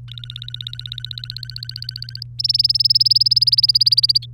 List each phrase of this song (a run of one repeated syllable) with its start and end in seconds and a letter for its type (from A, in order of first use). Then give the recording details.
0.08-2.23 A, 2.39-4.26 B. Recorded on 3 May 2018 at 10:53. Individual llb3